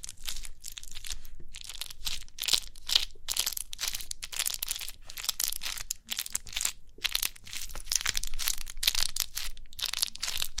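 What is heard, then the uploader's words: Crinkly pimple-popping sounds: a dense run of crackly, rustling crinkles that keeps going without letup. The crackles are bright and hissy, coming in quick irregular bursts with brief gaps, most noticeably a short pause around six seconds, over a faint low hum. Crinkly Pimple Popping.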